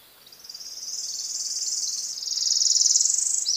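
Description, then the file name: Worm-eating warbler giving a dry, buzzy, insect-like trill of very rapid notes, swelling steadily louder. Oak hammock, Merritt Island NWR, Florida, 12 April 2018, 8:01 AM. "Worm eating Warbler FL MINWR Oak Hammock"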